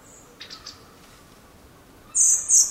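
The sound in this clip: Common blackbird giving thin, very high-pitched calls: several faint notes early on, then two loud drawn-out seep notes close together near the end, over quiet background hiss.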